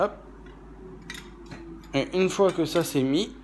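A removable part of a kitchen food processor is handled as it is fitted onto the base or bowl, with faint handling noise and a brief sharp tap near 1.1 s. Someone talks from about 1.9 s to the end. Nothing has clicked or seated into place yet.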